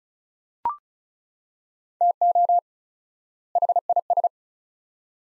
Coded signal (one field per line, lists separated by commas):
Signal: Morse code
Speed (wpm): 36 wpm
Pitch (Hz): 700 Hz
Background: none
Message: TO HIS